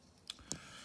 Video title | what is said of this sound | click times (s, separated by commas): Tail as turn signal module! Install for Nissan GT-R! | this thing right here has you'll hear a little click and then | 0.3 s, 0.5 s